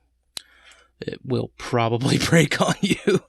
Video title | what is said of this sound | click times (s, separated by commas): Transformers Beast Machines Dinobots Striker Review | click into place it | 0.4 s